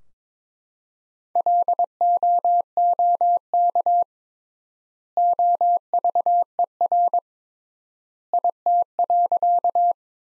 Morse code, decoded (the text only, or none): LOOK OVER IT.